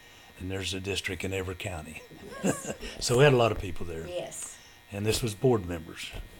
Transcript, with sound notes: And there's a district in every county. (Chuckling)
Yes, yes.
So we had a lot of people there.
Yes.
And this was board members.